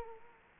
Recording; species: mosquito wingbeat signal from an infrared sensor; Culex quinquefasciatus